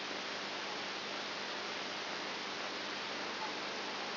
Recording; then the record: brain microelectrode recording played as sound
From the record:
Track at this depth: outside the subthalamic nucleus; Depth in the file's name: 6.7 mm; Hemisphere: right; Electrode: 2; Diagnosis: Parkinson's disease